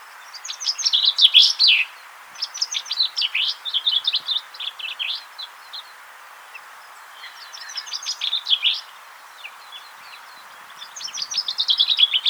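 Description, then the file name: Common chaffinch repeating its song every few seconds: several bright, rattling phrases of rapid notes that fall in pitch. "Fringilla coelebs"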